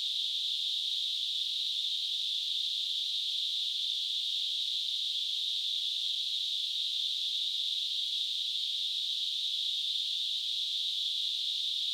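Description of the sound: A steady, high-pitched hissing noise holds at a constant level for the full twelve seconds, with no pulsing or breaks. It is a simulated tinnitus sound, imitating the hissing or ringing a person perceives in the ears without any outside source.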